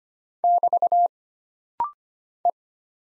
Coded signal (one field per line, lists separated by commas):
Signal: Morse code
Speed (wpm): 25 wpm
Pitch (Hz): 700 Hz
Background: none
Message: <BT> E